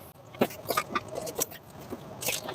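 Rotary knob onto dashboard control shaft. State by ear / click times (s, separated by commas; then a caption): not seated / none. Under the dash of a 1973 Dodge Adventurer Sport truck, a rotary knob is being handled and pushed back onto its dashboard control shaft. Brief handling taps and scrapes stand out near 0.4, 0.8 and 1.4 seconds over a low background. Nothing has seated or clicked yet.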